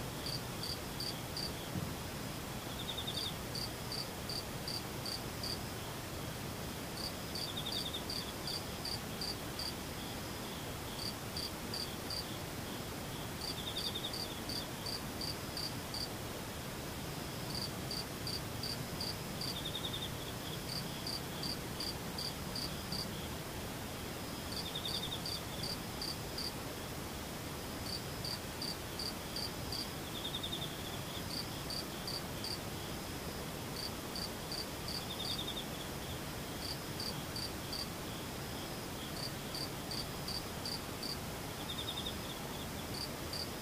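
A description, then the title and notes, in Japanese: A chorus of insects, crickets chirping in quick pulsing trills that repeat in bursts every few seconds. A steady high hiss of other insects runs underneath without pause, with a soft low rumble in the background, and the overall level stays even throughout. ムシ合唱。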